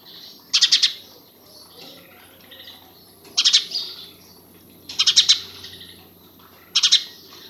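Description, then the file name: House sparrow chirping: four short bursts of rapid, harsh chirps, each burst made of three or four notes, spaced roughly one and a half to three seconds apart. "Passer domesticus"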